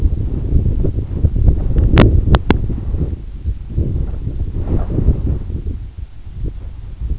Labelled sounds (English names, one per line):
none